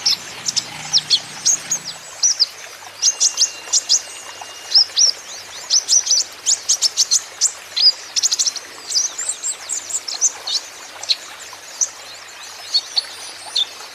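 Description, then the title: Van Hasselt's sunbird: long stretch of busy, high-pitched twittering and sharp ticks, coming in irregular bursts, with steady faint background hiss. Young green-plumaged (konin ijoan) caged bird in energetic (gacor) song, used as a lure and therapy so untrained young (konin) birds surely answer. "KOLIBRI NINJA KONIN IJOAN GACOR COCOK UNTUK PANCINGAN TERAPI KONIN BAHAN PASTI NYAUT"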